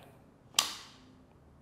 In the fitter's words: kalau udah bunyi itu berarti udah kencang Ini aman buat dibawa-bawa